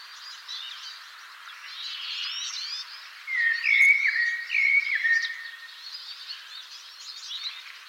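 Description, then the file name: Common blackbird with a short run of clear whistled notes near the middle, some with quick downward slurs, over a constant background of faint twittering birds. "Turdus merula"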